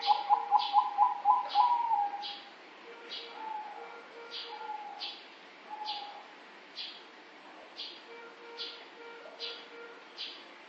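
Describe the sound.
Dove giving a fast series of pulsed, hollow notes that slows and drops over two seconds, then softer separate coos, with steady rhythmic clicking chirps in the background.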